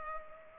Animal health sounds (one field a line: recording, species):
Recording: mosquito wingbeat signal from an infrared sensor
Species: Culex pipiens